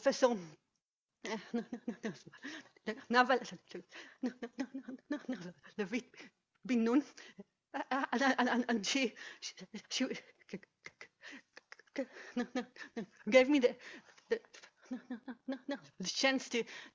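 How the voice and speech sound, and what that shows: Adult woman who stutters, speaking. Her speech is heavily fragmented, with long silent gaps between words, prolonged and repeated sounds (drawn-out 'n' sounds, repeated 'and'), and repeated words.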